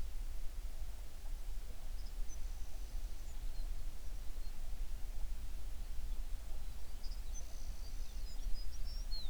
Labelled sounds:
songbird

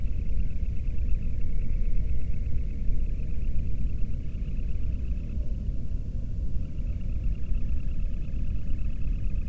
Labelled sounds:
bird

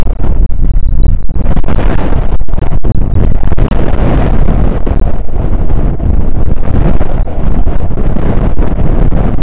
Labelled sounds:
wind

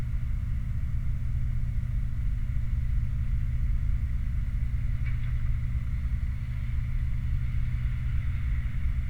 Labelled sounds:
machinery, flare stack

